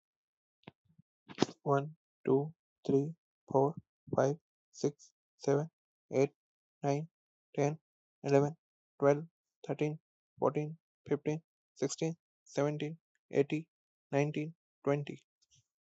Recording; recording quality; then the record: counting at a normal pace; moderate, slight background noise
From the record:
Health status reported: healthy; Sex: male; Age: 32 years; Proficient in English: yes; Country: India